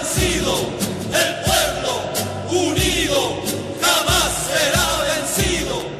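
A large protest crowd chants a slogan in unison, loud and rhythmic, with repeated shouted phrases rising and falling in regular bursts and a dense wash of many voices throughout.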